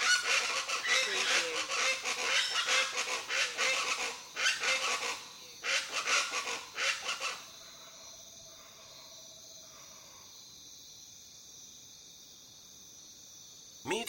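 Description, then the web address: Birds calling, a dense, harsh, overlapping chorus of loud bursts for about seven seconds, then quieter steady tones and a short final burst. Jungle birds. "the sound pack tree. crazy jungle birds"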